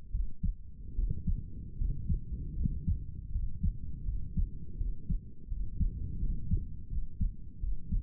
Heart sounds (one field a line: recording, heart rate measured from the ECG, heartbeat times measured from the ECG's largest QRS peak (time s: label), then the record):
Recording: heart sounds by stethoscope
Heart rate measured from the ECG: 80 bpm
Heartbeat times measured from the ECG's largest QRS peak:
0.11 s: heartbeat
0.95 s: heartbeat
1.77 s: heartbeat
2.55 s: heartbeat
3.31 s: heartbeat
4.05 s: heartbeat
4.77 s: heartbeat
5.48 s: heartbeat
6.19 s: heartbeat
6.89 s: heartbeat
7.60 s: heartbeat
From the record:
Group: healthy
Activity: cold pressor test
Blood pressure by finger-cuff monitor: 113/77 mmHg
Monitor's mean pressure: 86 mmHg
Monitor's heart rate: 81 bpm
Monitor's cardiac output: 6 L/min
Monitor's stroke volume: 79 mL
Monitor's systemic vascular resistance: 990 dyn s/cm5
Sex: male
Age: 35 years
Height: 180 cm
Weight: 86.9 kg